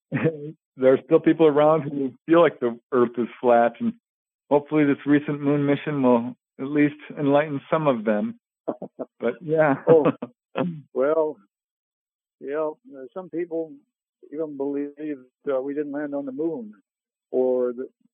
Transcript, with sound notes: there are still people around who feel like the Earth is flat. And hopefully this recent moon mission will at least enlighten some of them.
(laughs)
But, yeah. (laughs)
Oh, well, you know, uh, some people even believed, uh, we didn't land on the moon, or